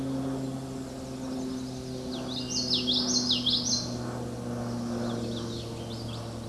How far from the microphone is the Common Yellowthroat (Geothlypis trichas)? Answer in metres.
about 10 m